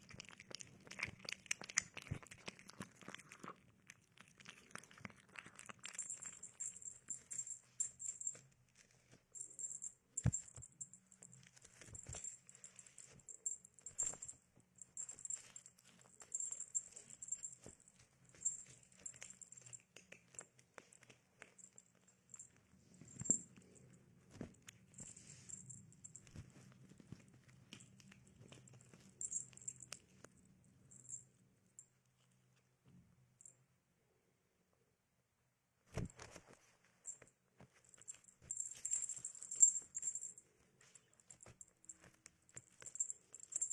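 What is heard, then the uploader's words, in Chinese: A cat makes small sounds while eating and playing, with soft clicks, rustles and brief taps scattered through the clip. A thin high hiss runs along much of it, and a low murmur rises around the middle before a near-silent stretch and a sharp knock. 猫咪进食、睡觉、玩耍的声音。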